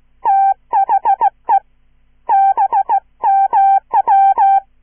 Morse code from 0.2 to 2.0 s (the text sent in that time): THE